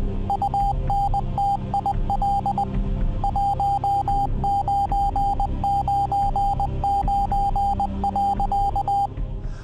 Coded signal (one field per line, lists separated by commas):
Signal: Morse code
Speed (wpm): 20 wpm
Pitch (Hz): 800 Hz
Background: none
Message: UNTIL 1999.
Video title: Merchant Marine MORSE OPERATORS - KKUI